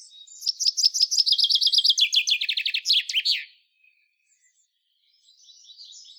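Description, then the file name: Common chaffinch singing one descending series of sharp notes ending in a flourish, then a pause and faint twittering. "Fringilla coelebs"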